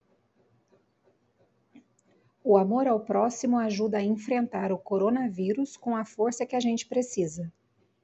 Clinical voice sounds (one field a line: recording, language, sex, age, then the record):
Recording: spoken sentence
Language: Brazilian Portuguese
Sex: female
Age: 40 to 49 years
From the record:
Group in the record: control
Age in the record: 40 years